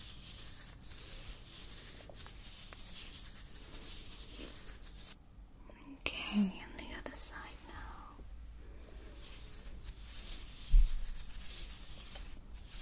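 A scalp massage with layered sounds: a soft, continuous rubbing and scratching texture that runs the whole time, with a low steady rumble underneath. Around six seconds the rubbing briefly swells, and a single louder soft thump lands near eleven seconds.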